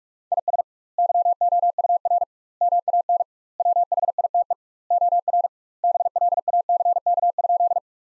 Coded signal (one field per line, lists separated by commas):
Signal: Morse code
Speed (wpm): 43 wpm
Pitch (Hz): 700 Hz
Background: none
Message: IS YOUR MAN WHITE OR BLACK?